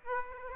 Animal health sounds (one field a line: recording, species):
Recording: mosquito wingbeat signal from an infrared sensor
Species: Aedes aegypti